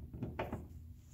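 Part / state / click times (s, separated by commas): plastic wall piece into toy castle floor / seated / 0.4 s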